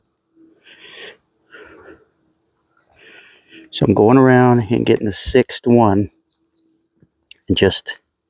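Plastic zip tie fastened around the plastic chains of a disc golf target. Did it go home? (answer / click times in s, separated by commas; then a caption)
no / none. A plastic zip tie is being fastened around the plastic chains of a Franklin portable disc golf target, pulled through its head only part of the way. Faint rustling and handling noises with a few small ticks run under someone talking. Nothing has seated or clicked yet.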